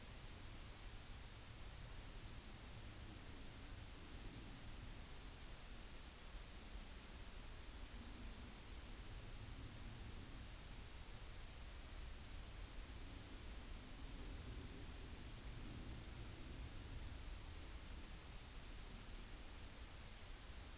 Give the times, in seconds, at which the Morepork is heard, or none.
none